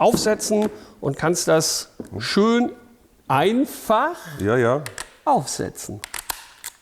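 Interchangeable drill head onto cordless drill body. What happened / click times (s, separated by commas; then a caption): The tool head clicked onto the drill body / 6.3 s. A metal interchangeable head is pushed one-handed onto the collar of a DEWALT cordless drill, where three brackets with nine square sockets catch it. Someone talks, then a sharp mechanical click sounds at 6.3 s as the head seats onto the drill body.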